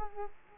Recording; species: mosquito wingbeat signal from an infrared sensor; Culex quinquefasciatus